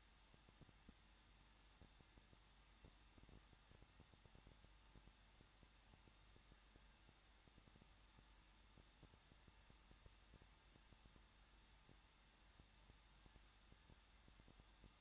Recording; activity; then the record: daily activity, microphone in the room; no activity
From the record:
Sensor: 3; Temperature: 21.2 degrees Celsius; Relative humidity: 36.2%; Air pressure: 1006.4 hPa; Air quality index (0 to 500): 221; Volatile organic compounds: 39 ppm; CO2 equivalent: 3136 ppm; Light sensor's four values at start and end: 2/3/2/2 and 2/3/2/2